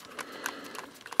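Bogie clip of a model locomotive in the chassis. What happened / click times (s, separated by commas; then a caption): A small clip snapped free / 1.2 s. A bogie clip on the chassis of a Bachmann Class 66 model locomotive is levered free at the hole between the wheel and the bogie. Faint small ticks and scrapes come before a sharp click at 1.2 s as the clip releases, and the clip is judged fine.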